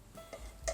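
On a retry, a plastic phone holder piece is pushed onto a teleprompter frame, with a faint tick at 0.3 s and then a sharp, distinct click at 0.7 s. The phone holder finally locks onto the teleprompter and is seated.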